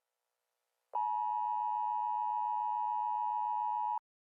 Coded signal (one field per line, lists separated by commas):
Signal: Emergency Alert System (SAME) tones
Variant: 853 and 960 Hz attention tone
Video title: VeeTV EAS 1: thunderstorm warning